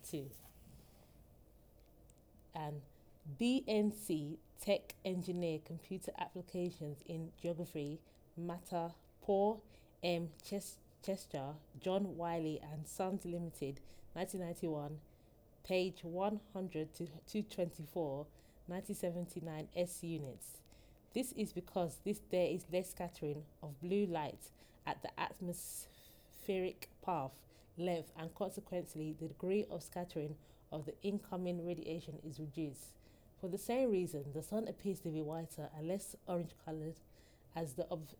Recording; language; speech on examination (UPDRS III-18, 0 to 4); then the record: text read into a phone; English; 0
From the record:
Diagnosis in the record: healthy control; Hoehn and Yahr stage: 0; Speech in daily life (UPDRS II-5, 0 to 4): 0